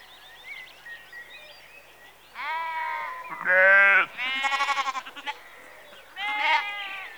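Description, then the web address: Sheep bleating: quiet at first, then a harmonic bleat near three seconds, a loud wavering bleat, a pulsed tremulous call and a final bleat near six seconds. Sheep in a rural exterior atmosphere, recorded in the early evening, close. "BBC Sound Effects Library - Exterior Atmospheres-Rural Backg Sheep Early Evening- Close"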